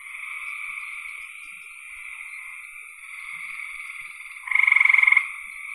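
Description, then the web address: Frog croaks over a continuous humming chorus of other frogs; one loud, fast-pulsed rattling call arrives in the final second. "cn frogs"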